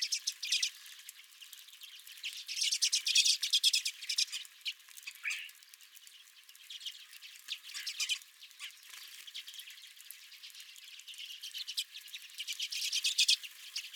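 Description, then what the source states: Redpolls calling in a flock, rattling chatter rising and falling in waves, with a few quieter gaps between bursts. Several redpolls at the recordist's feeder.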